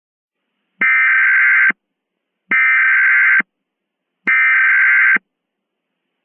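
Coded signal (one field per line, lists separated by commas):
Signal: Emergency Alert System (SAME) tones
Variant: header bursts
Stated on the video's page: Mock nationwide test, simulated, though containing valid EAS tones.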